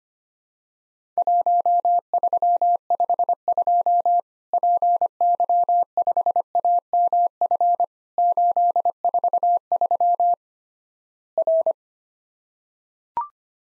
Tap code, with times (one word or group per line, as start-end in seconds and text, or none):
none